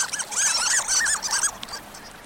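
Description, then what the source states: Harlequin Duck squeaks, a quick string of high, arched, squealing notes in close succession for about a second and a half, followed by quiet. Harlequins squeak, nicknamed sea mice; breed along fast-flowing rivers and streams, diving to the bottom of mountain streams for food.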